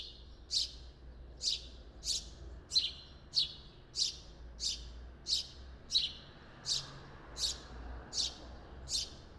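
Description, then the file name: House sparrow giving a steady series of bright chirps, roughly one every 0.7 seconds, thirteen or so notes, with light low-frequency hum underneath. "Passer domesticus"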